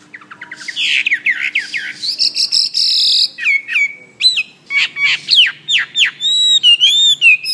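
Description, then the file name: Hwamei singing: rapid chattering notes and a harsh buzzy stretch, followed by sharp, looping whistled notes repeated in quick succession. "omkicau hwamey"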